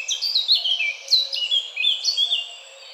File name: Sylvia atricapilla